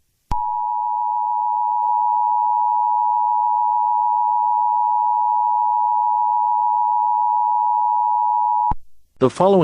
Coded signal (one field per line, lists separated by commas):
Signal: Emergency Alert System (SAME) tones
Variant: 853 and 960 Hz attention tone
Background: speech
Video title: eas scenario catemojibabyheat part 22